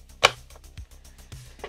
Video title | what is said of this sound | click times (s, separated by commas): Inside the Ultimate Carpet Cleaner - The Riccar R30 Brilliance Tandem Air Explained! | you slide it until it clicks and then throw | 0.2 s